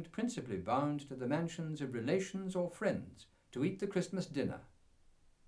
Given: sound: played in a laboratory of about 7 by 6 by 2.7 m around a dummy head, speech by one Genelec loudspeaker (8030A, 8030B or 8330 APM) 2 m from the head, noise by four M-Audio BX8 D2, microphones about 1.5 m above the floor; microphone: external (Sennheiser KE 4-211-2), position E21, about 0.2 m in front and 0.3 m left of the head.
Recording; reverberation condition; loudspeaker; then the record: male speech in English; low; 30 degrees to the left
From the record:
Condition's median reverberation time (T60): about 310 ms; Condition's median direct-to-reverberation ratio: about 3.5 dB